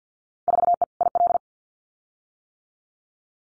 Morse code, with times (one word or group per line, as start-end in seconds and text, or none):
0.5-0.8 4E
1.0-1.4 IL